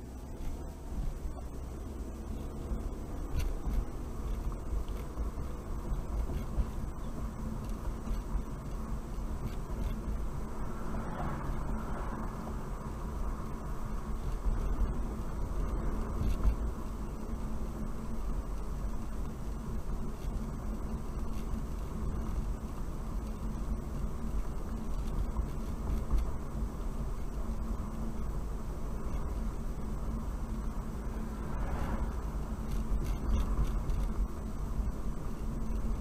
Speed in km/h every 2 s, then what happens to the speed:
19, 26, 31, 34, 35, 37, 39, 42, 44, 42, 42, 40, 42, 42, 42, 42, 40, 40.
0-14 speeds up to 42. 14-36 steady at about 42.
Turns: none.